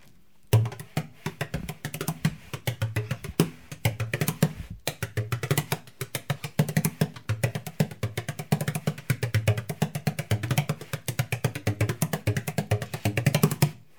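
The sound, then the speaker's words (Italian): A bodhrán frame drum struck with a stick in a fast, steady stream of strokes, deep booming tones under crisp clicking hits, played continuously with a brief pause near the start. “Sentiamo okay, una forma di percussione, prendi il Bodhran, eccolo qua, ascoltiamolo.”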